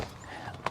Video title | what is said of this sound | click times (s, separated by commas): I Bought a Hummer H2 TRUCK and it's SUPERCHARGED! It Broke Immediately! | So we lock this back down and the seat locks in place. | 0.7 s